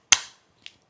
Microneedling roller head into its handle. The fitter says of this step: Oh it just pops right in there period